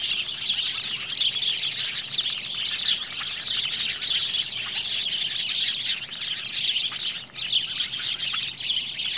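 Birds in a continuous chorus of overlapping high chirps and twitters, steady throughout with a brief dip near the end.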